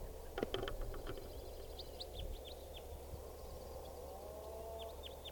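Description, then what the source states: Red Crossbill calls: several faint, high, downslurred chips in a loose series midway and again at the end, over a steady low rumble with a few clicks near the start. Juvenile, type 4, sawing calls; bird had just bounced out of a net.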